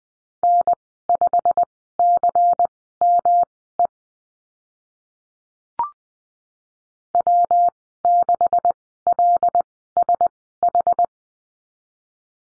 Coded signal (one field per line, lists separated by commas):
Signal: Morse code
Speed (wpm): 19 wpm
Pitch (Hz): 700 Hz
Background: none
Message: N5CME W6LSH